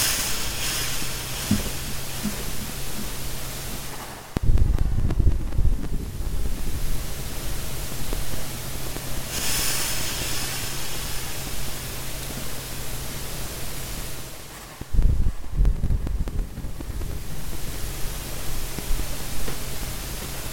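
Slow, loud breathing, with a heavy low rush starting around 4 seconds and again near 15 seconds, and airy bright breaths near 0 and 9.5 seconds. A steady low hum and constant hiss run underneath, with scattered faint background noises.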